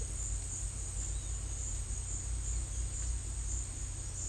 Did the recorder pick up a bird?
no